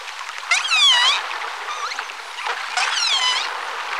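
Whale calls: two loud bursts of harmonic, squealing whistles that sweep up and down, with softer tonal calls between them.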